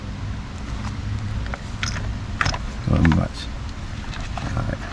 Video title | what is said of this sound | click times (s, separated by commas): Nissan Sentra 2007 to 2012 clock spring replacement step-by-step guide | vividly what I'm talking about you're gonna hear it click | 2.4 s